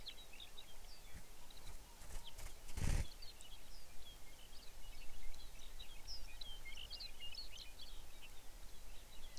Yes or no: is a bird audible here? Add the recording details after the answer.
yes. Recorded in the Arctic National Wildlife Refuge, Alaska, on 23 May 2019 at 05:14. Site 49